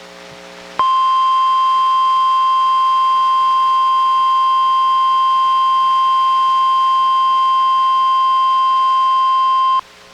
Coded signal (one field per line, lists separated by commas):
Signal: Emergency Alert System (SAME) tones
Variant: 1050 Hz attention tone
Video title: EAS #852: NWR Required Weekly Test- July 19, 2023- 11:00AM PDT